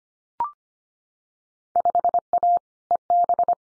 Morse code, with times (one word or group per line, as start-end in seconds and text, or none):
1.8-2.6 5A
2.9-3.5 EB